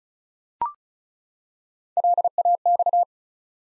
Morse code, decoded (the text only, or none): LAX